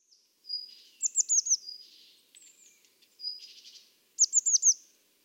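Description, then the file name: Eurasian blue tit calls: a thin sustained whistle and soft buzzy notes, then a fast series of four sharp downslurred chirps, heard twice. "Cyanistes caeruleus"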